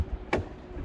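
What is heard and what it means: A plastic charging cable connector, pushed into an electric car's charging inlet after the weather cover is removed, gives a single sharp solenoid click at 0.3 s as it locks and charging starts. A low background hum runs under the rest of the clip.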